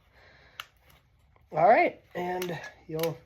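Rear brake shoes are handled on the drum brake backing plate of a Yamaha PW50, with a short sharp metallic tap at 0.6 s and fainter ticks near 0.9 s and 1.4 s. Someone talks from 1.5 s to the end. The shoes have not clicked into place or seated yet.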